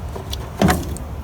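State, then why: Seated. A bulb socket holding a new bulb is pushed into the plastic tail light housing of a 2009 Dodge Ram 1500 and clicks into place at 0.3 s. A louder, fuller knock of handling follows around 0.6–0.7 s, with a faint tick near 1.0 s. The socket is seated.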